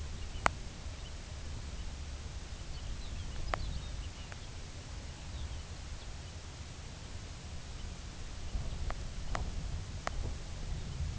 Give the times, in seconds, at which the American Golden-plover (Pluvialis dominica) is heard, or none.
0.07-0.51, 0.81-1.26, 1.58-1.96, 2.42-3.52, 3.79-4.17, 4.62-5.75, 6.08-6.49, 7.63-7.96, 8.28-8.72, 9.06-9.47, 9.91-10.24, 10.72-11.09